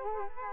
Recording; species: mosquito wingbeat signal from an infrared sensor; Culex quinquefasciatus